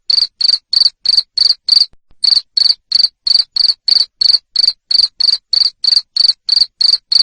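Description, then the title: Cricket giving loud, evenly spaced high chirps, roughly three a second, broken by one short gap. Loud cricket chirping played to make lovebirds sing continuously. "Suara JANGKRIK NGERIK Keras Bikin LOVEBIRD Jadi NGEKEK Terus"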